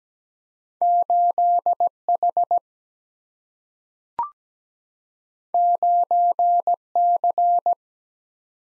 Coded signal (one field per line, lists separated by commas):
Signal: Morse code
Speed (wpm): 17 wpm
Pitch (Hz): 700 Hz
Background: none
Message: 8 H 9 C